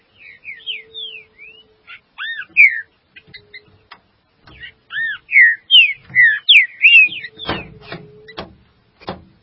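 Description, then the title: Green-winged saltator song: a series of clear, slurred whistled phrases, rising and falling, with sharp clicking notes near the end and a faint steady low hum. "Trinca Ferro"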